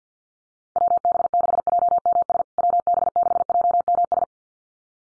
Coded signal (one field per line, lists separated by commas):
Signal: Morse code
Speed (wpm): 50 wpm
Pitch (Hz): 700 Hz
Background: none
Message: WB6JMS WB6JMS